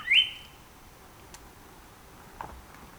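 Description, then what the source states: Northern Cardinal song: one loud clear whistle that sweeps upward and holds briefly on a steady pitch, then near silence with a couple of faint ticks. 14 April 2018; nine songs.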